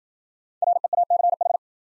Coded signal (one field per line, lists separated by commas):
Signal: Morse code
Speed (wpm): 53 wpm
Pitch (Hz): 700 Hz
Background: none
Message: REACH